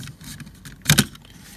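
A release button is pressed on a Star Trek Type I and Type II hand phaser universal remote control, and the small plastic hand phaser module is pulled back slightly out of the larger phaser body's cradle. Two sharp plastic clicks are heard at 0.9 and 1.0 seconds as the module releases and comes right out, over quieter rustling handling noise.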